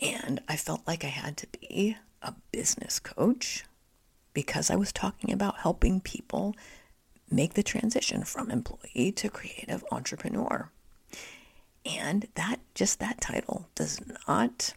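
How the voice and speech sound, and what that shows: Adult woman speaking in a breathy, partly whispered voice. Spasmodic dysphonia, a voice condition she developed in the first quarter of 2023.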